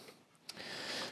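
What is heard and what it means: While taking apart a failed Netatmo Presence outdoor security camera, the plastic side clips on the camera lens module are worked free of the housing. A single sharp click sounds at 0.5 s, followed by a steady broadband hiss to the end, and the lens module is released.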